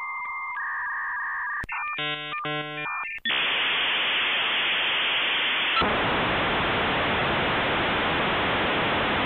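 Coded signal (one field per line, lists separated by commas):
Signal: dial-up modem handshake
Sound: answer tones, warbling multi-tone bursts, then loud broadband hiss that shifts brighter midway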